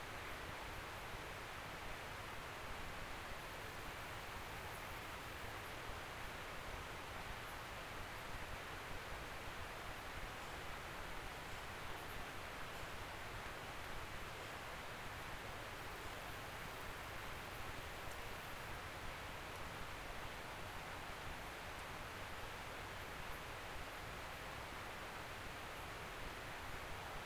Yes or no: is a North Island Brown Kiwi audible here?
no